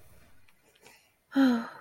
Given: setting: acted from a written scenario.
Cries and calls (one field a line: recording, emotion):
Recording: vocal sound without words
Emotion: serenity